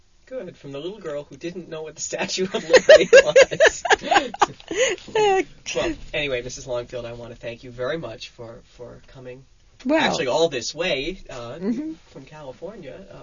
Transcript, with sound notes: Good. From a little girl who didn't know what they Statue of Liberty was. ( they laugh ) Well, anyway, Mrs. Longfield, I want to thank you very much for coming, actually, all this way from California